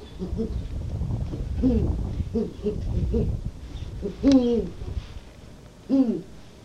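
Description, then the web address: Eurasian eagle-owl calls: a series of deep, falling, harmonic notes, the last two louder and spaced about one and a half seconds apart, over a low rumbling background. "washimimisuku washimimisukuno sheng"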